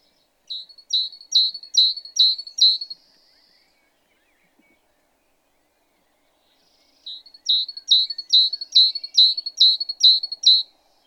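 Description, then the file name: Great tit giving two bursts of bright, high, evenly spaced notes, separated by a long quiet gap. "Parus major"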